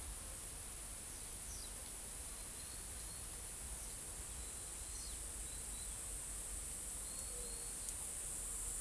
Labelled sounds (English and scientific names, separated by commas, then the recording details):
Pied Water Tyrant (Fluvicola pica), Trinidad Euphonia (Euphonia trinitatis)
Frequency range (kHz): Pied Water Tyrant (Fluvicola pica) 3.2-7.1 kHz; Trinidad Euphonia (Euphonia trinitatis) 3.6-4.7 kHz
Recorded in forest near Pivijay, Magdalena, Colombia, on 3 June 2023 at 13:30
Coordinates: 10.467, -74.380
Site Z5-G034